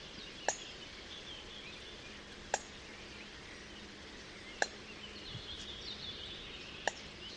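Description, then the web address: Eurasian coot giving short, sharp explosive calls, four single notes spaced about two seconds apart, over steady background hiss. "didier collin foulque macroule"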